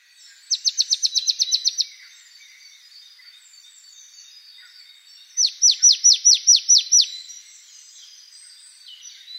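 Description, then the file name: Marsh tit with a rapid run of about ten thin, descending chipping notes, then after a pause a second run of about eight. Recorded 28 November 2013. "Poecile palustris 131128"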